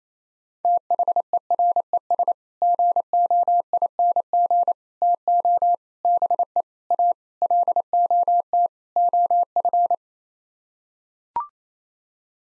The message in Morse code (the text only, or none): THERES GOING TO BE A LOT OF